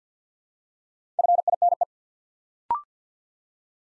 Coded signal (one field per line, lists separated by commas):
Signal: Morse code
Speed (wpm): 50 wpm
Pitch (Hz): 700 Hz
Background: none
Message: FINE